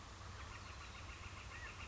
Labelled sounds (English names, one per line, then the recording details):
Northern Flicker
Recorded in Sonoma County, California